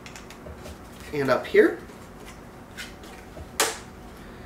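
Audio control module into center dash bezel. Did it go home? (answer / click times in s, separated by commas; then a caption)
yes / 3.6 s. An audio control module for a Ford Focus Sync 3 conversion is pressed into the center dash bezel trim panel, with the nubs on its bottom fitting into the grooves. Someone talks briefly, then a sharp snap is heard at 3.6 s as the module seats in place.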